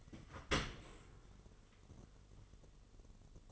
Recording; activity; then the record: daily activity, microphone in the room; open dishwasher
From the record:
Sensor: 4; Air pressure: 1015.8 hPa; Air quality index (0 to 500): 107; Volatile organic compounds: 2 ppm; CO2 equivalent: 1202 ppm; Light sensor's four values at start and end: 8/18/7/7 and 8/18/7/7